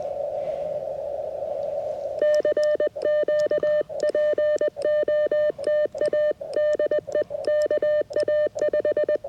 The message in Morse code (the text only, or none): CQ POTA DE KA5